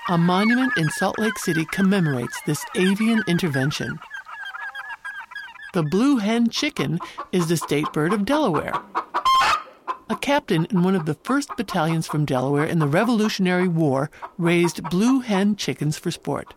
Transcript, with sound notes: A monument in Salt Lake City commemorates this avian intervention. The “Blue Hen Chicken” is the state bird of Delaware. [Clucking of Gallus gallus behind narration] A captain in one of the first battalions from Delaware in the Revolutionary War raised Blue Hen Chickens for sport.